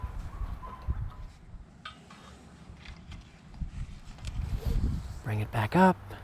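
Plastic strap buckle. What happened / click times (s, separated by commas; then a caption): The strap is handled but the buckle has not latched yet / none. Someone talks while handling the right-front strap of a Saddlemen TS3200 Deluxe tail bag on a motorcycle, bringing the strap back up around the bar toward its plastic side-release buckle. Soft rustling and light taps of the strap and buckle are heard. Nothing has clicked or seated yet.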